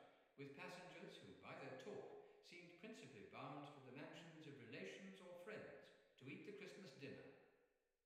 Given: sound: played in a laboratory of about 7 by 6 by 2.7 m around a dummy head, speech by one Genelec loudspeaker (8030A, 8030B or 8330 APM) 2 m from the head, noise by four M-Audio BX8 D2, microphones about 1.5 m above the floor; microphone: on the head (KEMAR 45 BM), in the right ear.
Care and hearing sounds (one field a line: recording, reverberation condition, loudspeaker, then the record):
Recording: male speech in English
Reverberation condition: high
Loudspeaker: in front (0 degrees)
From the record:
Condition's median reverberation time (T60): about 1300 ms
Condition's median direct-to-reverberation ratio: about -4.0 dB